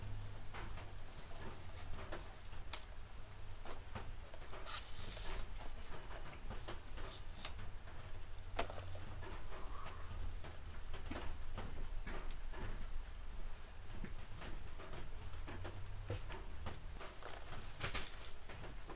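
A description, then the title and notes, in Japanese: Harvested green onions being trimmed and peeled, with frequent crisp rustling snaps and tearing sounds over a steady low hum throughout. 出荷日の昼下がり。収穫してきたネギの調整作業中(皮むき、葉落とし、軽量、束にする)。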